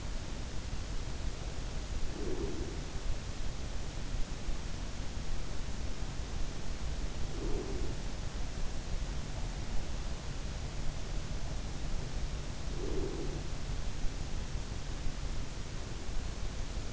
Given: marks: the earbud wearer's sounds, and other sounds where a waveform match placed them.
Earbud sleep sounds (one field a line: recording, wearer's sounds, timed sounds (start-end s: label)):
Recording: sounds in sleep by an in-ear microphone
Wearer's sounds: breath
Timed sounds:
1.81-2.97 s: breath
7.02-8.07 s: breath
12.67-13.60 s: breath